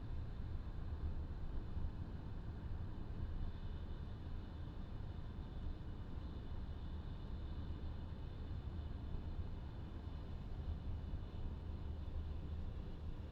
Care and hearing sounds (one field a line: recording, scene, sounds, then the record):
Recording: everyday scene through a hearing-aid microphone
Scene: in a vehicle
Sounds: engine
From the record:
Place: VW T5 Caravelle, diesel engine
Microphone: in the ear canal, left